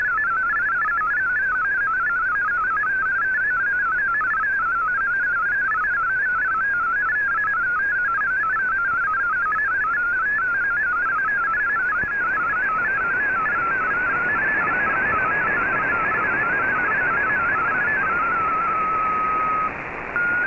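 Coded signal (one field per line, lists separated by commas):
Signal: multi-tone FSK (Olivia or MFSK type)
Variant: MFSK32 or MFSK64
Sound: rapid burbling warble of one tone jumping between pitches, ending in a steady tone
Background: radio static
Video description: Here is my decode of the Shortwave Radiogram broadcast today on 15770Khz shortwave radio at 1300UTC in MFSK32 and 64 and with 9 SSTV images.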